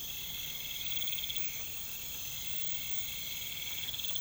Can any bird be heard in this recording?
no